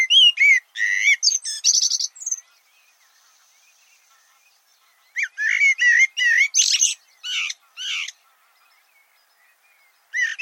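Bird sings rapid strings of bright whistles and chirps, with sharp rising and falling notes, in two long phrases and a short start at the end.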